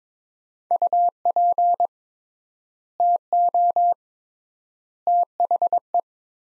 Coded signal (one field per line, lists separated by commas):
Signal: Morse code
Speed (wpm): 21 wpm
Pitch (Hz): 700 Hz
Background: none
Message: UP TO THE